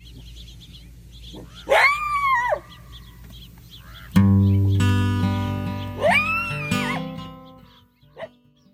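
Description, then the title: Coyote howls: two rising-then-falling wavering howls, overlapped partway through by sustained musical notes. Recorded during an encounter with a pair of coyotes while searching for a sit spot area. "W&W Short #2-The Story of the Coyote Howl"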